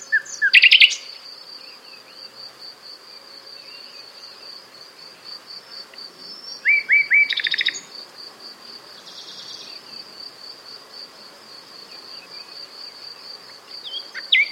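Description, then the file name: Common nightingale song in a few short loud bursts of rising whistles and rapid rattling trills, over a steady high cricket chirring throughout. "Luscinia megarhynchos"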